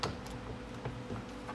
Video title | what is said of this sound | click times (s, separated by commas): Mixing Stihl parts - will it work to swap the shaft? | feel it click | 0.0 s